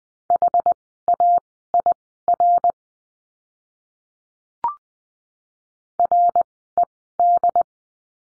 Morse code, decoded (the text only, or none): HAIR RED